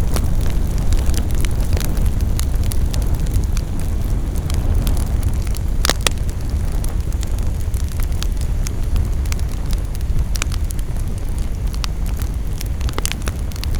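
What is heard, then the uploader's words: A bonfire burns with a steady low roar, sharp crackles and pops scattered throughout, and a louder snap near the six-second mark. Burning Crackling Bonfire.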